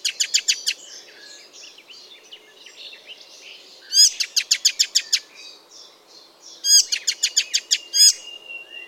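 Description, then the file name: Icterine warbler singing in spaced bursts of sharp, high repeated notes, each burst a rapid series of clipped strokes separated by softer twittering. "Ruud van Beusekom - Zelenaya peresmeshka Hippolais icterina"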